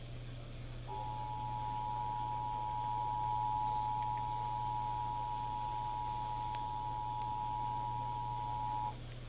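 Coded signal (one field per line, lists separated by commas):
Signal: Emergency Alert System (SAME) tones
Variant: 853 and 960 Hz attention tone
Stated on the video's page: Flash flood warning alert.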